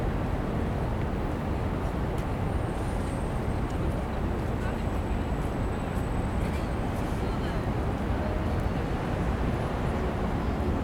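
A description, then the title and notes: City ambience on the plaza in front of Tokyo Station: a dense, steady low roar of traffic and crowd murmur that never lets up. A thin high whine drifts through from about two to seven seconds, with a few faint clicks scattered on top. Field-recorded at the plaza in front of Tokyo Sta. An ambient track arranged by kaolu_euphony from the sound materials field-recorded at several places in Tokyo.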